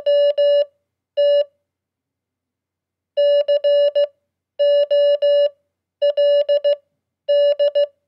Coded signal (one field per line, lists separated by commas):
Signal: Morse code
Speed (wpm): 16 wpm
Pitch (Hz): 580 Hz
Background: none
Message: MT COLD